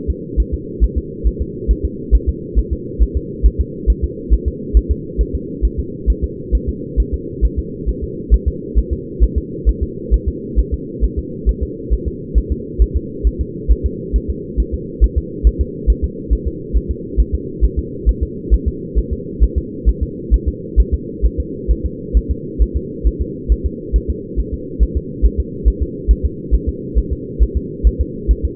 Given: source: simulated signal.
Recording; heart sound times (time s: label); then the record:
fetal heart sounds
0.10 s: S2
0.40 s: S1
0.54 s: S2
0.84 s: S1
0.98 s: S2
1.27 s: S1
1.41 s: S2
1.71 s: S1
1.85 s: S2
2.15 s: S1
2.29 s: S2
2.59 s: S1
2.73 s: S2
3.03 s: S1
3.17 s: S2
3.46 s: S1
3.61 s: S2
3.90 s: S1
4.04 s: S2
4.34 s: S1
4.48 s: S2
4.77 s: S1
4.91 s: S2
5.21 s: S1
5.35 s: S2
5.65 s: S1
5.79 s: S2
6.10 s: S1
6.24 s: S2
6.55 s: S1
6.69 s: S2
7.00 s: S1
7.14 s: S2
7.45 s: S1
7.59 s: S2
7.89 s: S1
8.03 s: S2
8.34 s: S1
8.48 s: S2
8.78 s: S1
8.93 s: S2
9.23 s: S1
9.38 s: S2
9.69 s: S1
9.83 s: S2
10.14 s: S1
10.28 s: S2
10.59 s: S1
10.74 s: S2
11.04 s: S1
11.19 s: S2
11.49 s: S1
11.63 s: S2
11.93 s: S1
12.08 s: S2
12.38 s: S1
12.52 s: S2
12.82 s: S1
12.96 s: S2
13.27 s: S1
13.41 s: S2
13.72 s: S1
13.86 s: S2
14.16 s: S1
14.30 s: S2
14.60 s: S1
14.74 s: S2
15.04 s: S1
15.18 s: S2
15.47 s: S1
15.61 s: S2
15.90 s: S1
16.04 s: S2
16.33 s: S1
16.47 s: S2
16.76 s: S1
16.91 s: S2
17.20 s: S1
17.34 s: S2
17.64 s: S1
17.79 s: S2
18.09 s: S1
18.23 s: S2
18.54 s: S1
18.68 s: S2
18.98 s: S1
19.13 s: S2
19.44 s: S1
19.58 s: S2
19.89 s: S1
20.03 s: S2
20.34 s: S1
20.48 s: S2
20.80 s: S1
20.94 s: S2
21.25 s: S1
21.40 s: S2
21.71 s: S1
21.85 s: S2
22.17 s: S1
22.31 s: S2
22.62 s: S1
22.76 s: S2
23.07 s: S1
23.22 s: S2
23.52 s: S1
23.66 s: S2
23.96 s: S1
24.10 s: S2
24.40 s: S1
24.54 s: S2
24.83 s: S1
24.97 s: S2
25.25 s: S1
25.40 s: S2
25.68 s: S1
25.82 s: S2
26.11 s: S1
26.25 s: S2
26.54 s: S1
26.69 s: S2
26.98 s: S1
27.13 s: S2
27.42 s: S1
27.57 s: S2
27.87 s: S1
28.01 s: S2
28.31 s: S1
28.45 s: S2
From the record:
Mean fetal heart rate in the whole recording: 135 bpm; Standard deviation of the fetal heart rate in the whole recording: 3 bpm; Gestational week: 34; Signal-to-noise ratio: -4.1 dB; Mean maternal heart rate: no maternal heart sound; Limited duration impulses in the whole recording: absent